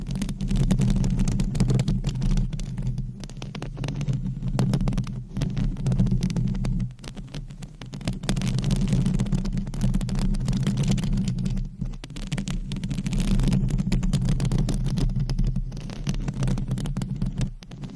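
Scratching and tapping sounds from a massage form a dense, nearly continuous rustling over a steady low rumble. Quick scratchy strokes pile up throughout, with short quieter gaps around 7, 12 and 16 seconds before the rubbing picks up again.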